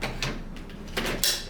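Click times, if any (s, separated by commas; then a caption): none. Handheld vacuum body of a Prolux RS7 Pro stick vacuum being handled as it is brought to the top of its plastic telescopic wand. Short knocks and scrapes of handling are heard, the sharpest near 0.2 s and 1.2 s. Nothing has seated or clicked yet.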